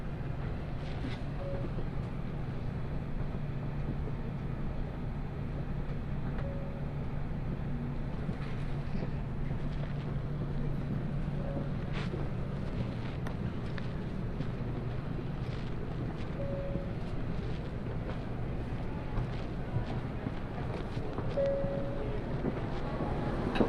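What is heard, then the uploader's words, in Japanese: Inside the Nishi-Kyushu Shinkansen from Nagasaki toward Saga, a steady low rumble and rushing roar fill the whole clip without letup. A faint tone chirps briefly about every five seconds, and small clicks and rattles scatter through the ride. 西九州新幹線 長崎→佐賀。西九州新幹線の全線通し、全駅停車の列車に乗って佐賀まで向かいます。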